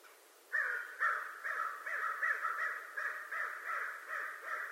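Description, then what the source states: American crow caws, a short silence then a steady series of harsh caws about every half second. Recorded 25 November 2011.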